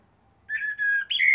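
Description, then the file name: Eurasian blackbird giving a short run of clear, flute-like whistles that turns squeaky at the close. "Turdus merula"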